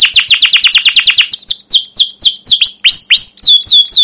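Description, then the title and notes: Canary song opening with a fast run of down-slurred chirps, then slower, widely spaced sweeping whistles with upturned ends. Caged canary song used as a lure and tutor to teach young canaries, described as long, continuous and energetic chirping. "CUIT CUIT NGEROL LANGSUNG GACOR PANJANG Kenari Ini AMPUH Utk Pancingan KENAR. PANCINGAN Kenari GACOR PANJANG Cuit CUIT EMOSI ini AMPUH utk MASTERAN Kenari PAUD belajar BUNYI. burung kenari"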